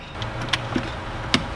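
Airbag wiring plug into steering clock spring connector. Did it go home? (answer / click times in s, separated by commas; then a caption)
yes / 1.3 s. A large yellow primary airbag wiring plug is pushed into the steering clock spring connector while reassembling a 2005–2015 Toyota Hilux SR/SR5. Small taps sound at about 0.2 s and 0.5 s, then a sharp, bright click at 1.3 s as the plug seats firmly in the connector.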